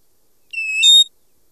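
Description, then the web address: American golden-plover call: a single clear whistled note, steady, then jumping higher before it stops abruptly, with no other sounds. North America. "Songs of Birds of North America Stokes. American Golden-Plover"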